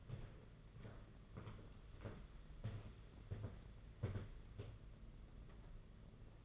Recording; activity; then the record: daily activity, microphone in the room; walk to room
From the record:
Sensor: 4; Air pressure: 992.9 hPa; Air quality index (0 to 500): 176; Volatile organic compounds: 336 ppm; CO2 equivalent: 4556 ppm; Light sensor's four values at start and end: 4/10/4/4 and 4/10/4/4